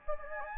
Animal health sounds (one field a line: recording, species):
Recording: mosquito wingbeat signal from an infrared sensor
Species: Anopheles gambiae